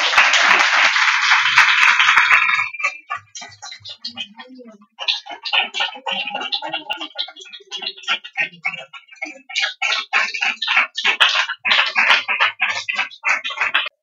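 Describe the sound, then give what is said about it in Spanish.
An audience applauds for volunteers: a dense burst of clapping fades to a few scattered claps, then builds again into sustained, lively applause with many individual hand claps audible throughout. “Así que desde aquí les pido un aplauso muy grande.”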